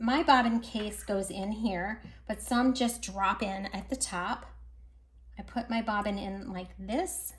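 A bobbin and bobbin case are handled at the bobbin housing of a sewing machine while someone talks throughout. No distinct click stands out, and nothing has seated or clicked into place yet by the end of the clip.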